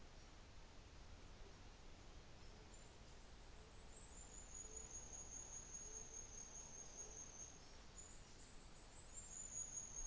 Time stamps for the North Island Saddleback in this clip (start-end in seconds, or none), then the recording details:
none. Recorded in New Zealand on 24 December 2018. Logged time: 14:55